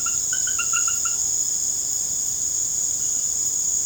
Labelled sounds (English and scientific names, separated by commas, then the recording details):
none
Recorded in secondary vegetation near Puerto Asís, Putumayo, Colombia, on 18 December 2024 at 19:30
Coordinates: 0.489, -76.322
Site G059